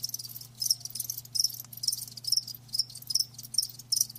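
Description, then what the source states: High cricket chirps come in distinct, regular rhythmic bursts, a pulsing trill over a quiet steady hum. Live crickets chirping, a lulling song.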